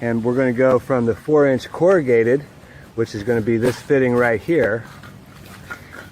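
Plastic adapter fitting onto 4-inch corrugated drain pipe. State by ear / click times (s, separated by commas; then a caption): seated / 5.9 s. Working one-handed at the sidewalk, a plastic pop-up adapter fitting is pushed onto the end of a 4-inch corrugated drain pipe while someone talks. A short, sharp snap is heard at 6.0 seconds as the fitting seats in place on the pipe.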